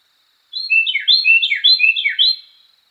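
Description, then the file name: Carolina wren singing a rich rolling phrase, three clear notes with a falling slur, given three times back to back; otherwise quiet apart from a thin constant high tone. Song variation 5. "suara-kicauan-burung-carolina-wren-variasi-5-omkicau"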